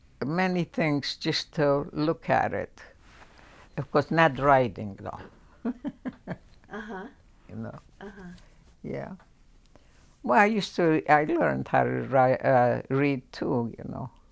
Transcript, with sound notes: many things, just to look at it. Of course, not writing though. [chuckles]
Uh-huh.
You know.
Uh-huh.
Yeah. Well, I used to — I learned how to wri — read too, you know,